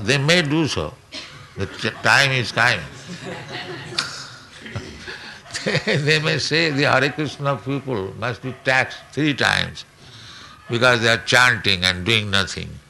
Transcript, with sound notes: They may do so. The time is coming. [laughter] [laughs] They may say, "The Hare Kṛṣṇa people must be taxed three times because they are chanting and doing nothing."